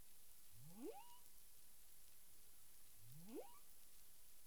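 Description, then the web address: Humpback whale calls: two quick rising whoops, roughly two and a half seconds apart, sweeping from low to mid pitch, over a steady background hiss. Recorded 9 April 2002 at 18:48:53 UTC. "CARIMAM clean data humpback whale"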